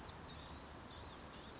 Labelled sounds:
Blue-gray Gnatcatcher (Polioptila caerulea)
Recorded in Sonoma County, California

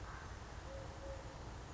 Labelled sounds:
Eurasian Collared Dove (Streptopelia decaocto)
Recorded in Sonoma County, California

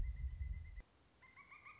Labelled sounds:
Pileated Woodpecker (Dryocopus pileatus)
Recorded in Sonoma County, California

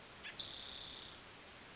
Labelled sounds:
Spotted Towhee (Pipilo maculatus)
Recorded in Sonoma County, California

